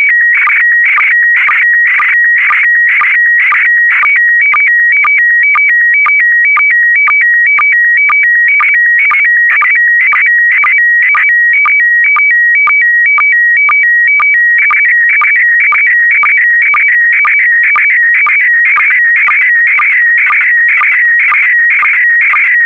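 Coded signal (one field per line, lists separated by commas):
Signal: SSTV (slow-scan television)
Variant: PD120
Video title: (04 of 12) ISS Expedition 61 - MAI-75 January 2020 - Retransmission SSTV PD120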